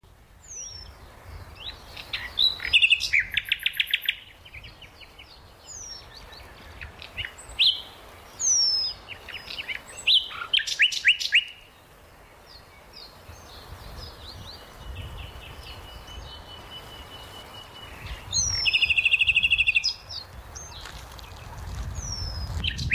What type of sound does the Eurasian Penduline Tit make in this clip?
call